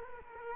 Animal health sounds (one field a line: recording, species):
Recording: mosquito wingbeat signal from an infrared sensor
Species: Culex quinquefasciatus